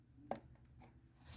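The locking bar on a camera matte box is pushed into its mount and snaps into place with one sharp click at 0.3 seconds, against a low, steady background. The bar is seated.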